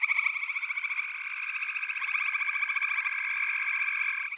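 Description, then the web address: Chorus of frogs giving fast, pulsing trills that merge into one continuous rattling drone throughout. "The Natural Sounds of the Wilderness 10 CDs collection Echoes of Nature - Frog Chorus"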